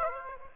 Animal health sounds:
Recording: mosquito wingbeat signal from an infrared sensor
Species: Aedes aegypti

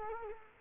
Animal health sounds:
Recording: mosquito wingbeat signal from an infrared sensor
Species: Culex quinquefasciatus

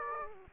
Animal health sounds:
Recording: mosquito wingbeat signal from an infrared sensor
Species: Aedes aegypti

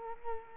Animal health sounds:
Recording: mosquito wingbeat signal from an infrared sensor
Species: Culex quinquefasciatus

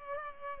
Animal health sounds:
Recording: mosquito wingbeat signal from an infrared sensor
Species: Culex pipiens

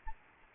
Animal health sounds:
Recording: mosquito wingbeat signal from an infrared sensor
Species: Aedes albopictus

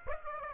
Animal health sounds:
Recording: mosquito wingbeat signal from an infrared sensor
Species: Aedes aegypti

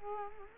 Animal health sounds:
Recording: mosquito wingbeat signal from an infrared sensor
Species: Culex quinquefasciatus

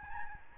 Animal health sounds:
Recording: mosquito wingbeat signal from an infrared sensor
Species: Aedes albopictus

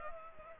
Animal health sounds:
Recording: mosquito wingbeat signal from an infrared sensor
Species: Culex pipiens

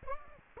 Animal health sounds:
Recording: mosquito wingbeat signal from an infrared sensor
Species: Aedes aegypti

